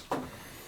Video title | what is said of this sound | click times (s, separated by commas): TUB SHOWER VALVE MAKING BANGING NOISE WHEN SHUTOFF | got to make sure it clicks if | 0.1 s